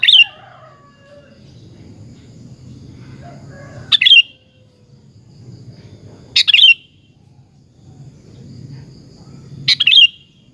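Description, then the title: Sooty-headed bulbul repeating short, bright bubbly phrases every few seconds, with faint softer notes and a low rumble in the background. "Kutilang"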